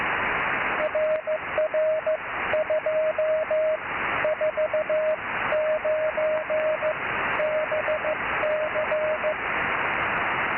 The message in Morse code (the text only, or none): RR 249 BC